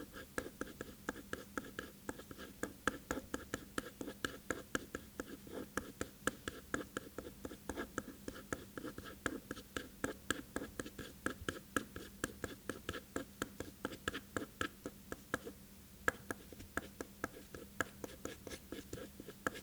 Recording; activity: daily activity, guitar pickup as the sensor; write